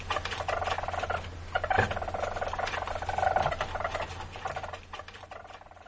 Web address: least weasel